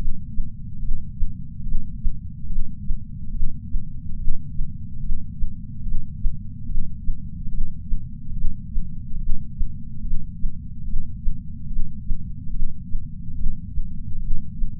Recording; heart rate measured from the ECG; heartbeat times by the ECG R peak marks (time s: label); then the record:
heart sounds by patch sensor on the chest; 72 bpm
0.79 s: heartbeat
1.63 s: heartbeat
2.47 s: heartbeat
3.31 s: heartbeat
4.16 s: heartbeat
5.00 s: heartbeat
5.83 s: heartbeat
6.66 s: heartbeat
7.49 s: heartbeat
8.33 s: heartbeat
9.18 s: heartbeat
10.02 s: heartbeat
10.84 s: heartbeat
11.67 s: heartbeat
12.51 s: heartbeat
13.35 s: heartbeat
14.19 s: heartbeat
From the record:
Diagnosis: coronary artery disease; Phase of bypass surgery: intraoperative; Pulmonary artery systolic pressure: 29 mmHg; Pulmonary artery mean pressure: 19 mmHg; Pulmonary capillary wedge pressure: 12 mmHg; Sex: female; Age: 65 years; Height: 153 cm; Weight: 51.5 kg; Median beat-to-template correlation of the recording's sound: 0.95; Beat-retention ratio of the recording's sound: 0.99